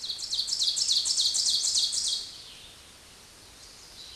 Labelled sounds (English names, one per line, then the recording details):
Ovenbird song
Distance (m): 15 m
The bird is about 10 m above the microphone
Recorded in a Pennsylvania forest on 16 May 2024 at 06:28
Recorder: AudioMoth, point MSD-0475
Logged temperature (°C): 12.3 °C
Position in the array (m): 136 m, 4 m